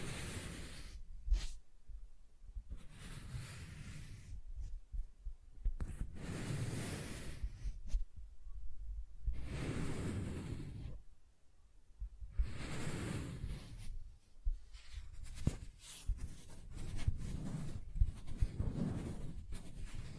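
Soft tracing strokes drag across a surface in slow, uneven sweeps, each lasting one to three seconds with brief quiet gaps between. The strokes are low and rustling, some with a thin brighter hiss, and small ticks and taps occasionally break through.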